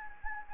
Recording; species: mosquito wingbeat signal from an infrared sensor; Anopheles gambiae